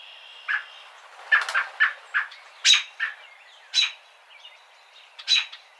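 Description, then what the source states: American robin calling with short, sharp notes in an uneven sequence. Recorded 3 May 2007.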